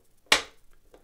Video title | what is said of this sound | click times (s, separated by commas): The Real Avid Master Gun Workstation: A Must-Have for Any Gun Owner | snaps right into place | 0.3 s